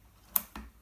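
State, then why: Seated. A rotary pellet magazine, checked that it rotates, is pushed into the breech of an FX Wildcat .177 air rifle. A sharp, bright click at 0.4 s is followed by a softer, duller knock at 0.6 s. The magazine locks into place.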